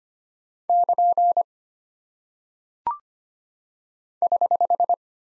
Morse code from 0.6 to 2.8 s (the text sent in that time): <KN>